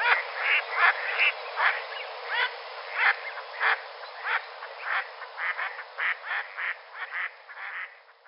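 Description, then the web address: Mallard calls, rasping nasal quacks in an irregular series, some louder bursts early on and a softer run toward the end, over faint background hiss. Mallards in flight. "Duck -Mallards. Flying"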